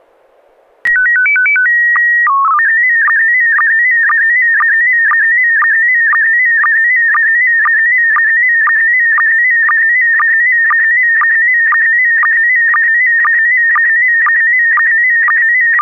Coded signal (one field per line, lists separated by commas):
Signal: SSTV (slow-scan television)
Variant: PD 120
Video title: N6NA SSTV Net - 06/15/2022